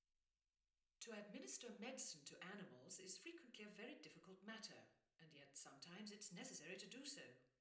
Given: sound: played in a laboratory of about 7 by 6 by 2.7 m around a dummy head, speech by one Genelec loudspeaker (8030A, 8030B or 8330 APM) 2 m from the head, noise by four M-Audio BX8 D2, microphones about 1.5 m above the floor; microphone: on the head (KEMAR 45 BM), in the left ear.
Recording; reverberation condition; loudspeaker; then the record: female speech in English; medium; 30 degrees to the left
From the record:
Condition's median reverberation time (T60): about 510 ms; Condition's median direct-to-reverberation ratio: about -0.5 dB